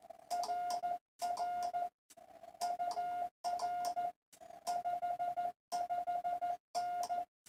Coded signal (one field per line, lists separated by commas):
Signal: Morse code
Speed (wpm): 14 wpm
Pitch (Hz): 1420 Hz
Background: none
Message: RR UR 55N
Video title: April 6 2025 Sunday PM POTA Hunt